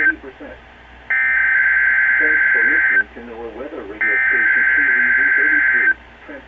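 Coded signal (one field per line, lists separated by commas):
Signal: Emergency Alert System (SAME) tones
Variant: header bursts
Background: speech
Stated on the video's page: Weekly test.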